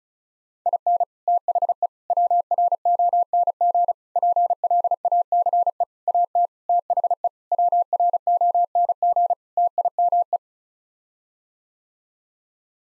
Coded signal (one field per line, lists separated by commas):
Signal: Morse code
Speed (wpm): 34 wpm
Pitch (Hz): 700 Hz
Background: none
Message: IN THE WRONG PLACE AT THE WRONG TIME